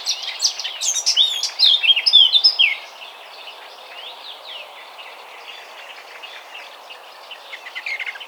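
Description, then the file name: Eurasian blackcap warble of quick, high chirps. It swells into a strong, fluty burst around two seconds in, then gives way to faint, quiet twittering. "Sylvia atricapilla"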